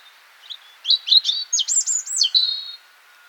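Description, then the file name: European robin song: a short phrase of thin, high, tumbling notes with rapid trills and slides, ending on a sustained high whistle; faint background hiss. "Roodborst Erithacus rubecula"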